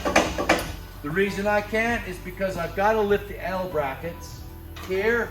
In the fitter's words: click click you can barely hear it but you know they're locked out and notice i can't really move these